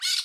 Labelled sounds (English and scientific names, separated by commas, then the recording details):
Brown-throated Parakeet (Eupsittula pertinax) contact call
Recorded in Curacao
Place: Hoffi Jan Thiel
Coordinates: 12.094, -68.877